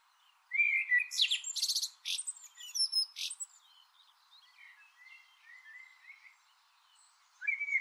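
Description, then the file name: Eurasian blackbird song: a fluted opening note leads into loud, high, chattering twitters, then soft quiet warbling, ending with another mellow whistled note. "Turdus merula"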